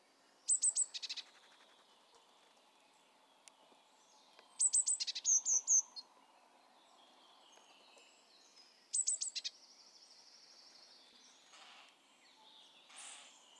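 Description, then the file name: Eurasian blue tit calls: three bursts of very high thin notes, about four seconds apart. "Cyanistes caeruleus"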